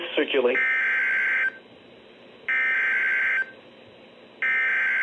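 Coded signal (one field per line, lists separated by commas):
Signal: Emergency Alert System (SAME) tones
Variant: header bursts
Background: speech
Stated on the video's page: Two back-to-back severe thunderstorm warnings from a Shreveport National Weather Service office, received on a Midland WR400 weather radio.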